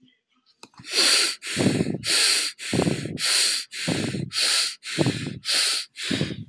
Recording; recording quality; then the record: shallow breathing; excellent, no background noise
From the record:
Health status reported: exposed to COVID-19, no respiratory illness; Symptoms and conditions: sore throat, muscle pain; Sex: male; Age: 35 years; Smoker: not ticked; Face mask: not worn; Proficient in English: yes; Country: United States